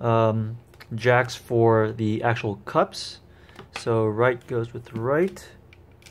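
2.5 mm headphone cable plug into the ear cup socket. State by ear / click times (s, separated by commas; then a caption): not seated / none. Someone talks while handling a 2.5 mm cable plug at the ear cup socket of Massdrop x HiFiMAN HE-350 headphones, matching right to right. Nothing has seated or clicked into the cup yet.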